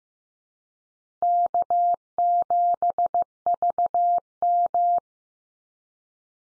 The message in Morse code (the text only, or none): K7VM